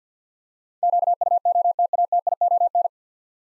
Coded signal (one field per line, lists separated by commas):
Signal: Morse code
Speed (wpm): 49 wpm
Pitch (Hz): 700 Hz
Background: none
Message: QUOTATION